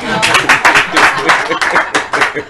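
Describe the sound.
An audience at a religious teaching session breaks into steady applause for the Lord, a dense wash of many hands clapping at once that swells and dips slightly over a couple of seconds, with a murmur of voices underneath.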